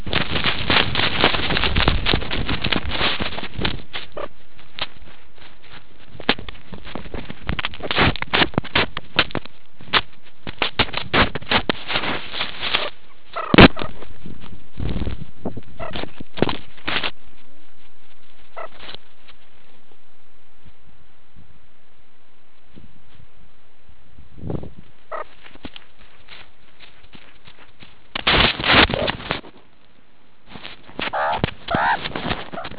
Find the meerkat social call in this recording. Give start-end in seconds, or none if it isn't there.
31.11-31.99